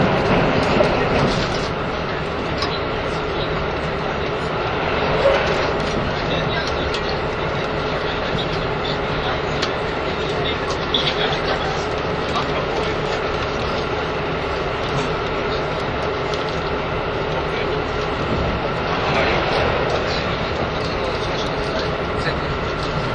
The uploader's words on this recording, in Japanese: キハ85系 ひだ01号01 名古屋～(飛騨金山)。2007年当時最速のスジとなる”ひだ01号”を収録したものです。走行音(音の旅) 1021,キハ85系 ひだ01号。名古屋～富山。